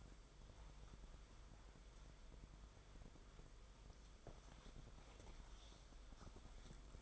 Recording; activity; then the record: daily activity, microphone in the room; wipe stove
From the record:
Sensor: 5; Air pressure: 994.6 hPa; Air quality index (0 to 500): 182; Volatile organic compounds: 1000 ppm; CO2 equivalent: 5334 ppm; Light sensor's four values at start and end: 37/115/45/48 and 39/112/46/50